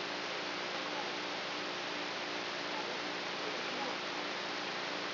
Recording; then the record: brain microelectrode recording played as sound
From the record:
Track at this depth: outside the subthalamic nucleus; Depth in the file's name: 0.407 mm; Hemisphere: right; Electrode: 3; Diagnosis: Parkinson's disease